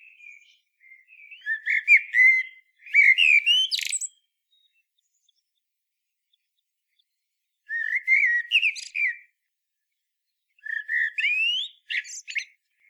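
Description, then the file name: Common blackbird singing several separate phrases, each a mellow fluty warble followed by a thin squeaky twitter, with quiet pauses between them. "Turdus merula"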